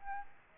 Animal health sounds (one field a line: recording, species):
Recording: mosquito wingbeat signal from an infrared sensor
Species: Aedes albopictus